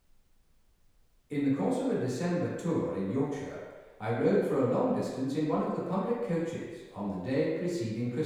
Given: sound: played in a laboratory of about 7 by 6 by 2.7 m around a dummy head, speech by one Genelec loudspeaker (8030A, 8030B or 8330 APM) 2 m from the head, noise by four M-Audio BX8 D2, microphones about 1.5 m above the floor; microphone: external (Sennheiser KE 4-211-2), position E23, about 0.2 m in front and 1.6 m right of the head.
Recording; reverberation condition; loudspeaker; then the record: male speech in English; high; behind (180 degrees)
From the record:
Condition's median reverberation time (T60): about 1300 ms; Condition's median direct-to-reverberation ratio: about -4.0 dB